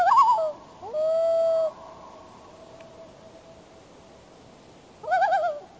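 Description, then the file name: Loon calling: a quavering, wavering phrase, then a steady drawn-out wailing note of under a second, a long quiet gap, and another quavering phrase near the end. "Loon Bird"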